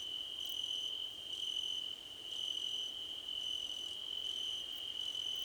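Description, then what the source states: Crickets: a constant shrill trill with short chirps about once a second layered over it. Crickets, described as a choir competition.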